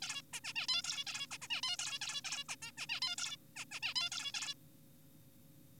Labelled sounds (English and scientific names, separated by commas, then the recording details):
Zebra Finch (Taeniopygia guttata)
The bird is an adult
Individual g4p5U